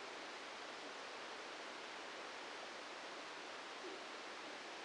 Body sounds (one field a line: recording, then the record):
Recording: brain microelectrode recording played as sound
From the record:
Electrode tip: inside the subthalamic nucleus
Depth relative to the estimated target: 2 mm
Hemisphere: left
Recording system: NeuroSet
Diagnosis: Parkinson's disease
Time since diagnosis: 14 years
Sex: male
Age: 51 years